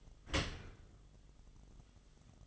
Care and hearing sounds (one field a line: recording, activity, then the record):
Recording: daily activity, microphone in the room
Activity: open dishwasher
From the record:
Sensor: 4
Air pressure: 1005.5 hPa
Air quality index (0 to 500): 112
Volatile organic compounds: 3 ppm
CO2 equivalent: 1397 ppm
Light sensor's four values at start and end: 11/26/10/10 and 11/25/10/10